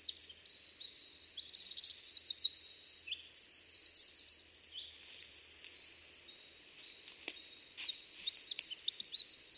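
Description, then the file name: Eurasian wren pouring out a high, fast trilling song with rattling phrases, a brief quieter pause and a faint click midway, then resuming loud twittering trills. "Troglodytes troglodytes"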